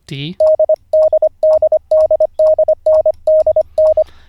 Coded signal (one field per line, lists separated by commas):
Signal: Morse code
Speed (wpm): 25 wpm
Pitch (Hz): 620 Hz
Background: speech, radio noise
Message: DDDDDNDN